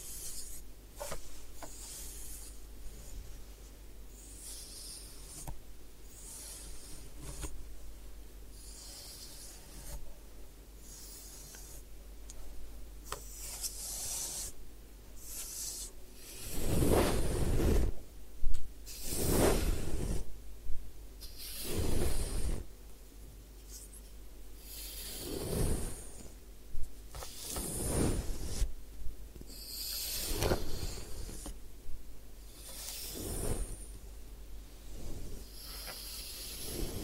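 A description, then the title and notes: A head spa session with hair washing and massage: soft rubbing and scratching strokes come in repeated bursts, some brief and some lasting a second or two. Around the middle and again near 22, 26 and 33 seconds the rubbing grows louder and fuller, with quieter brushing between. Head Spa Hair Wash, Massage, Ear Cleaning.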